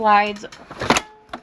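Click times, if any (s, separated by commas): 1.3 s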